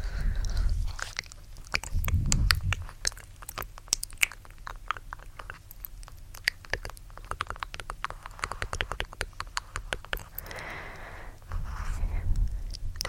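Gentle tapping and mouth sounds: a fast, irregular stream of sharp clicks and taps fills most of the clip, dense through the middle. Low breathy whispering swells at the start, around two seconds, and again near the end from about ten seconds.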